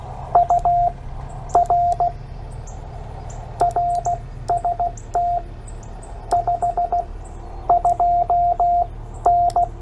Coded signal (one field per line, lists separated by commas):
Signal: Morse code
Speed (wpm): 16 wpm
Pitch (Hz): 700 Hz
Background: radio noise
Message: UR RST 52N